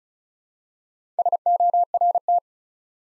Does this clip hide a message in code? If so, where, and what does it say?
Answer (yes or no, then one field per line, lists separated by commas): yes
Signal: Morse code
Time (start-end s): 1.2-2.4 s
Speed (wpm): 36 wpm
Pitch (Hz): 700 Hz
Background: none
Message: SORT